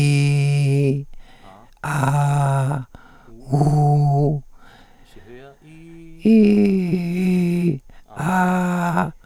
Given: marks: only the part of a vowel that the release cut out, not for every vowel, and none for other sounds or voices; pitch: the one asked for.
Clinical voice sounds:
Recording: sustained vowels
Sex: male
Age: 70 to 79 years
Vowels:
0.00-0.82 s: vowel /i/, normal pitch
1.94-2.65 s: vowel /a/, normal pitch
3.63-4.16 s: vowel /u/, normal pitch
6.52-7.54 s: vowel /i/, high pitch
8.29-9.00 s: vowel /a/, high pitch
From the record:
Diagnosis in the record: recurrent laryngeal nerve paralysis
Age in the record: 77 years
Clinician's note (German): Nicht kompensiert, strumipriv

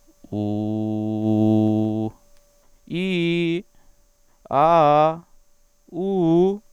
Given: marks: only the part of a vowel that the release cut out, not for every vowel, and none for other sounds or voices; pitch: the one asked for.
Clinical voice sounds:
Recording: sustained vowels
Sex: male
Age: 30 to 39 years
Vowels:
0.43-1.91 s: vowel /u/, low pitch
2.98-3.53 s: vowel /i/, low-high-low pitch
4.56-5.08 s: vowel /a/, low-high-low pitch
5.99-6.51 s: vowel /u/, low-high-low pitch
From the record:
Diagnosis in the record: hypernasality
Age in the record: 34 years

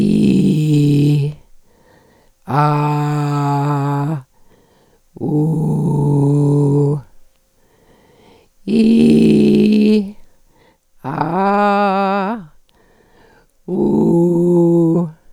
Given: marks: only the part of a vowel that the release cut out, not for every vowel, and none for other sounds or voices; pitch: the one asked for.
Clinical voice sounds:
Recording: sustained vowels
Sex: female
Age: 70 to 79 years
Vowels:
0.00-1.15 s: vowel /i/, normal pitch
2.62-4.01 s: vowel /a/, normal pitch
5.36-6.85 s: vowel /u/, normal pitch
8.80-9.95 s: vowel /i/, high pitch
11.37-12.25 s: vowel /a/, high pitch
13.81-14.91 s: vowel /u/, high pitch
From the record:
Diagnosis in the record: recurrent laryngeal nerve paralysis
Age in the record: 74 years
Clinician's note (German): Re, phonatorische Kompensation

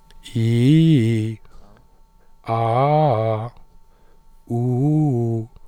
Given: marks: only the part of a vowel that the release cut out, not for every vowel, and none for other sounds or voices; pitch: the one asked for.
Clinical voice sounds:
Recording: sustained vowels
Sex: male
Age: 20 to 29 years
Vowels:
0.39-1.26 s: vowel /i/, low-high-low pitch
2.54-3.40 s: vowel /a/, low-high-low pitch
4.55-5.36 s: vowel /u/, low-high-low pitch
From the record:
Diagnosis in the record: healthy voice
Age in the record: 24 years

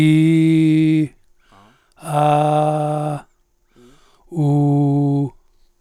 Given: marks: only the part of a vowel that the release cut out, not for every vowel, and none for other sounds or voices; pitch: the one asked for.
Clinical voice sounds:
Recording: sustained vowels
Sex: male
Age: 80 to 89 years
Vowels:
0.00-0.95 s: vowel /i/, normal pitch
2.21-3.03 s: vowel /a/, normal pitch
4.45-5.18 s: vowel /u/, normal pitch
From the record:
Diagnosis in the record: presbyphonia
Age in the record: 83 years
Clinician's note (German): Mit Stimmschwäche

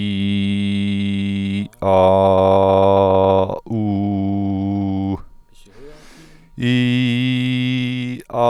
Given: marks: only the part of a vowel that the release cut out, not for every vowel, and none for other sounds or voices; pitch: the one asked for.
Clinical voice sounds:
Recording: sustained vowels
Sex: male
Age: 30 to 39 years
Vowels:
0.00-1.50 s: vowel /i/, normal pitch
2.09-3.36 s: vowel /a/, normal pitch
3.83-5.06 s: vowel /u/, normal pitch
6.69-8.10 s: vowel /i/, high pitch
From the record:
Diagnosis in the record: healthy voice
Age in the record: 39 years

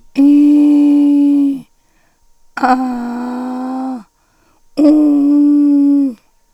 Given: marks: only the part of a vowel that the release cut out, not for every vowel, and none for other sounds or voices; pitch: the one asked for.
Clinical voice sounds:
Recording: sustained vowels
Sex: female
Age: 60 to 69 years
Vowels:
0.32-1.46 s: vowel /i/, low-high-low pitch
2.81-3.85 s: vowel /a/, low-high-low pitch
4.97-5.99 s: vowel /u/, low-high-low pitch
From the record:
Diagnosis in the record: hypernasality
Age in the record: 62 years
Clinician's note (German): Nach Tonsillen-Ca OP

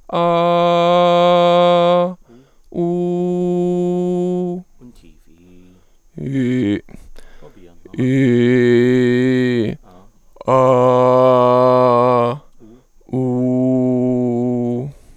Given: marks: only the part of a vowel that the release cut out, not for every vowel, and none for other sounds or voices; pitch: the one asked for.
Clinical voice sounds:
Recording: sustained vowels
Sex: male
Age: 30 to 39 years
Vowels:
0.27-1.93 s: vowel /a/, high pitch
2.90-4.43 s: vowel /u/, high pitch
8.12-9.56 s: vowel /i/, low pitch
10.62-12.15 s: vowel /a/, low pitch
13.25-14.70 s: vowel /u/, low pitch
From the record:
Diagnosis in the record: mutational falsetto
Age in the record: 33 years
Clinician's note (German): Stroboskopisch nur in Höhen Amplitudendifferenzen

